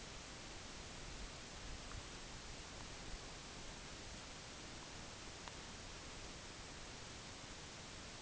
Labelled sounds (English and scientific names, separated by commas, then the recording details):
none
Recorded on Arctic tundra, site NAIT-1, on 25 June 2019
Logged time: 22:00